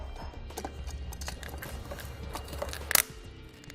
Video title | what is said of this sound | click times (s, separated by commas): etrailer - How to Set Up Your Inno Aero Flush Roof Rack for Naked Roofs on a 2018 Ford Fusion | So if you hear that click like that, that means you're torqued | 3.0 s